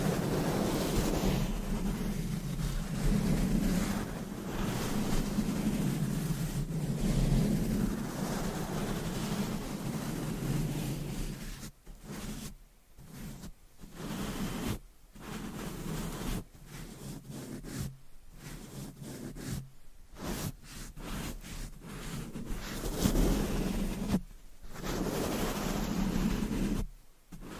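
Scratching and brushing on a microphone make a dense, rough rushing sound with a steady low rumble underneath. After about twelve seconds the rubbing turns choppy, stopping and starting in short bursts separated by brief silences until the end.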